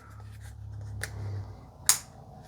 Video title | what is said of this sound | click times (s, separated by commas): DJI Osmo Pocket 3 Unboxing and Testing | and those will click in, | 1.9 s